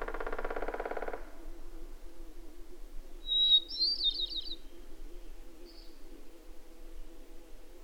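Bird song, a short high twittering phrase near the middle, with a buzzy, rattling burst at the start and a faint low hum throughout.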